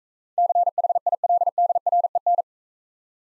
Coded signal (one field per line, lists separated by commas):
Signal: Morse code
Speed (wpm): 42 wpm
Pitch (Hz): 700 Hz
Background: none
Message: CHILDREN